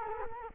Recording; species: mosquito wingbeat signal from an infrared sensor; Culex quinquefasciatus